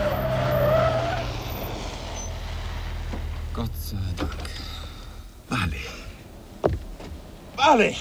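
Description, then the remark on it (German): A car brakes hard at a railway level crossing with red flashing lights, its tires letting out a long, loud screech over a rumbling engine, followed by several sharper bursts of skidding and squealing rubber. “Bremsen!”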